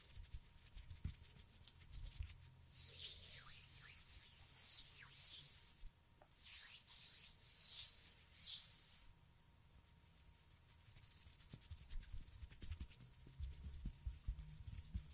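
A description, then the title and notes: Hand sounds and finger fluttering: soft, bright rubbing and brushing swells in bursts from about 2 to 9 seconds, busiest around 3 and 7 seconds. A low, uneven rumble sits underneath at the start and again after 11 seconds, and a faint steady tone runs throughout. ASMR Finger Fluttering With Anticipatory Trigger And Hand Sounds (No Talking).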